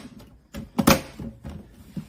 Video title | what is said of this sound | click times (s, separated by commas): Kanye West adidas Yeezy 380 Covellite Sneaker Sits, Downfall For Brand is Coming? Hip Hop Talk | and it should just snap right in | 0.8 s